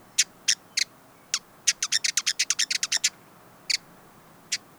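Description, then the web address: Hooded visorbearer producing high dry chips, a few singles, then a rapid chattering string, followed by sparse single notes. "Hooded visorbearer. صدای-پرنده-آفتابگیر-کلاهدار"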